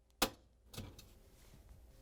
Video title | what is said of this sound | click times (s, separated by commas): How To: Whirlpool/KitchenAid/Maytag Upper Dishrack Adjuster 8193741 | We're going to set the lower half in and rotate it up and lock it on. | 0.2 s